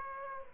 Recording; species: mosquito wingbeat signal from an infrared sensor; Aedes aegypti